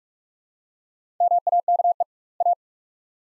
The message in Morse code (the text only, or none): MAKE A